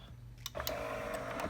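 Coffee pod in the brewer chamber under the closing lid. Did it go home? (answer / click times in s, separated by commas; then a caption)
no / none. A plastic coffee pod sits in the brewer chamber of a Keurig single-serve coffee maker as the handle and lid are brought down to close over it and pierce it. Sharp handling clicks land at about 0.5, 0.6 and 0.7 seconds, followed by a steady mid-pitched whine over a low background hum. The clip ends before the lid comes fully down, so nothing has seated or popped yet.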